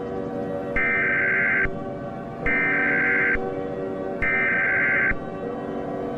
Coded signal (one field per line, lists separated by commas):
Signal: Emergency Alert System (SAME) tones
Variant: header bursts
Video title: EAS Scenario/Mock #15 - Boris The Grounding Spree (Remastered)